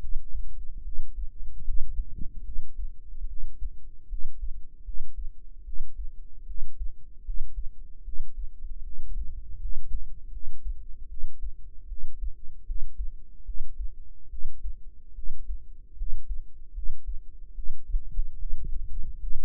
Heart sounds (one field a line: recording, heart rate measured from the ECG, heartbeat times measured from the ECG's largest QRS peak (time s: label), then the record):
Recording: heart sounds by microphone in the right ear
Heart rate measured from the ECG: 75 bpm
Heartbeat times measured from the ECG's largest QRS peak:
0.83 s: heartbeat
1.64 s: heartbeat
2.44 s: heartbeat
3.26 s: heartbeat
4.08 s: heartbeat
4.84 s: heartbeat
5.64 s: heartbeat
6.46 s: heartbeat
7.24 s: heartbeat
8.03 s: heartbeat
8.82 s: heartbeat
9.59 s: heartbeat
10.31 s: heartbeat
11.07 s: heartbeat
11.87 s: heartbeat
12.65 s: heartbeat
13.44 s: heartbeat
14.29 s: heartbeat
15.14 s: heartbeat
15.96 s: heartbeat
16.73 s: heartbeat
17.54 s: heartbeat
18.37 s: heartbeat
19.19 s: heartbeat
From the record:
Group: healthy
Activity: rest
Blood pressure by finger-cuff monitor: 95/52 mmHg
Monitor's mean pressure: 66 mmHg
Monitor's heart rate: 75 bpm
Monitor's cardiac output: 7.1 L/min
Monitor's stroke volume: 95 mL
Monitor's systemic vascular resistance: 670 dyn s/cm5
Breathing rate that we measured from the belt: 21 breaths a minute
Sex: female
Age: 19 years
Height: 163 cm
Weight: 48.9 kg